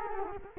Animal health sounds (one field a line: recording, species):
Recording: mosquito wingbeat signal from an infrared sensor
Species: Culex quinquefasciatus